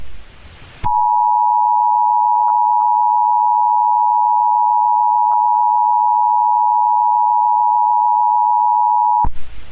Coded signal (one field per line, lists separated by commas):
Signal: Emergency Alert System (SAME) tones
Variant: 853 and 960 Hz attention tone